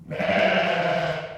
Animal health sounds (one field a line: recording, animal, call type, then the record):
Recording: contact call of a hoofed animal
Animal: sheep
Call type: low-frequency (closed-mouth) or high-frequency (open-mouth) call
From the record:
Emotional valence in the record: negative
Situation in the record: short social isolation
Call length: 1.38 s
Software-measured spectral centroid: 1740 Hz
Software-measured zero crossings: 2050 a second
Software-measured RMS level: -23 dBFS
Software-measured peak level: -9 dBFS